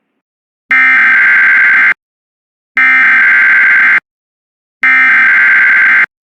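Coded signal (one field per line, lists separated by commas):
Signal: Emergency Alert System (SAME) tones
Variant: header bursts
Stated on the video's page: Two tornado watch alerts received on an internet-streamed station, recorded from screen.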